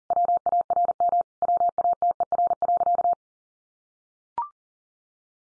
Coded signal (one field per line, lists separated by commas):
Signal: Morse code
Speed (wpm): 40 wpm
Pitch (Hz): 700 Hz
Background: none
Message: WARM WATER.